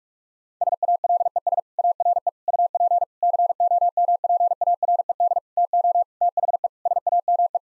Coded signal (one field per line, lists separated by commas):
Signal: Morse code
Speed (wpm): 46 wpm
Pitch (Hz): 700 Hz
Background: none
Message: SALES ARE UP COMPARED TO THE SAME